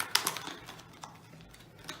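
A nasal prongs (nasal cannula) patient interface is clicked onto the end of the heated breathing tube of an Airvo 2 High Flow Therapy Unit. Sharp clicks are heard at 0.0 s and 0.1 s, followed by a few softer taps and quiet handling noise. The interface is seated in place.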